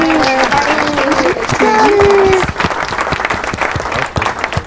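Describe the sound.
A burst of steady group applause with many hands clapping at once, loud and dense, while voices call out over it with rising, cheering tones before the clapping thins slightly.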